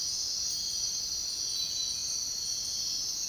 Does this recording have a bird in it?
no